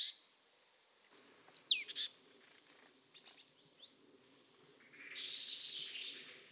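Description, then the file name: Marsh Tit calls: several sharp notes sweeping steeply downward, with a hissing, noisy call near the end. "Poecile palustris"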